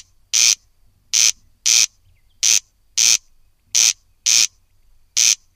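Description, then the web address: Corncrake calling with harsh, scraping notes, eight in all, some close together in pairs and others spaced more widely, repeated throughout over a quiet background. "agykontroll Madardalok Cd 2. Haris"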